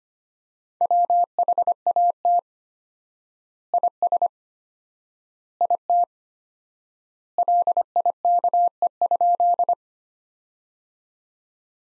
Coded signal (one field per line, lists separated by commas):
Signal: Morse code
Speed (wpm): 25 wpm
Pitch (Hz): 700 Hz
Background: none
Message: WHAT IS IT LIKE?